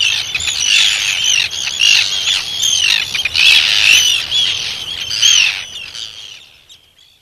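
Arctic tern calls, a dense chorus of harsh, grating screeches overlapping continuously, fading away near the end.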